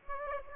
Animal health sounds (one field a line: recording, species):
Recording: mosquito wingbeat signal from an infrared sensor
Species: Aedes aegypti